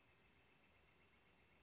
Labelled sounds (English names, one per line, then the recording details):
Northern Flicker
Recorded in Sonoma County, California